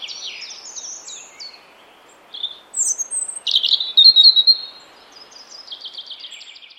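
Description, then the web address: European robin song: thin, high warbled phrases with quick trills and sliding notes, a brighter burst midway, quieter twittering before and after over faint background hiss. "Deverinetal 2025 File origin Bird Only Er Ru"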